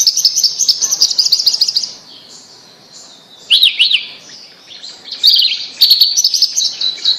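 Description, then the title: Bird song: rapid trilled phrases for two seconds, a quiet lull, then bursts of rising-and-falling whistled notes and fast twittering. "Kicau Burung Yoi"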